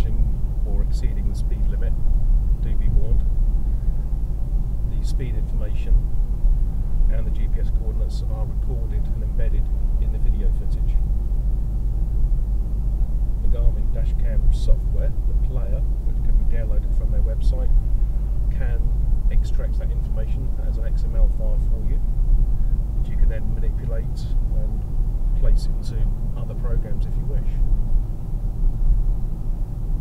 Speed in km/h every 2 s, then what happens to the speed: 47, 47, 47, 47, 47, 45, 44, 44, 45, 47, 47, 48, 48, 50, 48.
0-30 steady at about 47.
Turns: none.